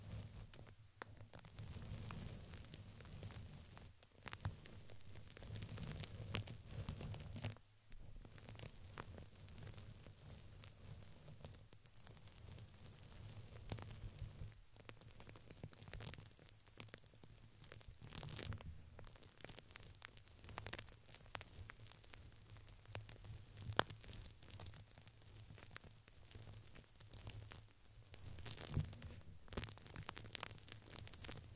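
Dense, continuous crinkling and brushing over plastic and paper, with frequent sharp crackles, brief pauses near 8 and 15 seconds, and a steady low hum.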